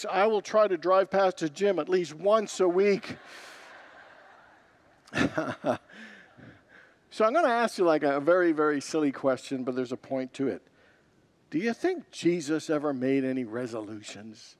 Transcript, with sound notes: “I will try to drive past a gym at least once a week.” [Congregants laugh] So, I’m going to ask you like a very, very silly question, but there’s a point to it. Do you think Jesus ever made any resolutions?